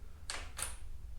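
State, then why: Seated. A plastic Givi ST609 motorcycle saddlebag is pulled up into place on its metal side rack and pushed down at the back plastic until its quick-release mount engages. A sharp click is heard at 0.3 s, followed by a softer second hit at about 0.6 s. The bag is seated on the rack.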